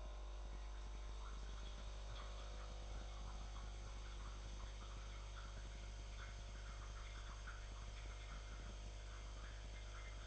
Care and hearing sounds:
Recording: daily activity, microphone in the room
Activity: make coffee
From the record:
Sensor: 5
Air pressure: 1014.8 hPa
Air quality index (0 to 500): 201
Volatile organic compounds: 9 ppm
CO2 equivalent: 2141 ppm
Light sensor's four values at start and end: 17/39/15/14 and 17/39/15/14

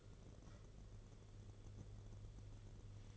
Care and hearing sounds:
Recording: daily activity, microphone in the room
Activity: take from stove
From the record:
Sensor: 4

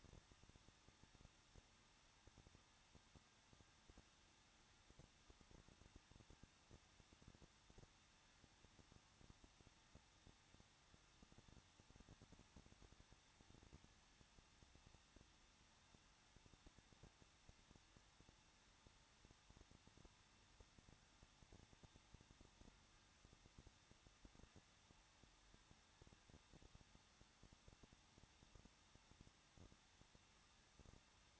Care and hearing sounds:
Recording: daily activity, microphone in the room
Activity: no activity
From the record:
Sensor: 3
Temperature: 21.2 degrees Celsius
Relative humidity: 36.3%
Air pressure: 1006.4 hPa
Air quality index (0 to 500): 221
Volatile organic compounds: 40 ppm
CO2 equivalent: 3146 ppm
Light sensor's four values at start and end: 2/3/2/2 and 2/3/2/2

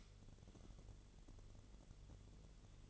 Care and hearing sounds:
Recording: daily activity, microphone in the room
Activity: light on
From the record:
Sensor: 4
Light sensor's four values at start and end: 11/25/10/9 and 12/28/11/10

